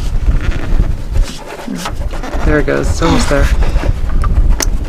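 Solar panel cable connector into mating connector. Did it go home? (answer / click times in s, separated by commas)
yes / 4.6 s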